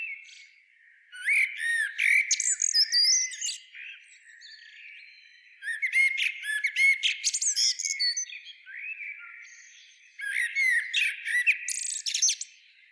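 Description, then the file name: Eurasian blackbird calls in three distinct bursts of scratchy clicks and squeaky notes, each lasting about two to three seconds, with softer twittering between them. "Turdus merula"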